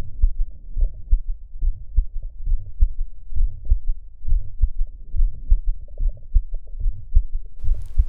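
Heart heard through a stethoscope in a 22-year-old young woman, with a Still's murmur, an innocent murmur common in healthy people.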